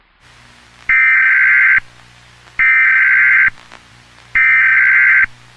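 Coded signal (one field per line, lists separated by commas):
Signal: Emergency Alert System (SAME) tones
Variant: header bursts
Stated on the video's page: Fan-made EAS mock using a valid EAS tone clip.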